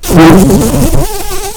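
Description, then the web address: Red-tailed bumblebee buzzing, a low droning hum that wavers in pitch at first, then steadies and fades slightly after about a second. Queens. "bumblebees Lapidarius-queens"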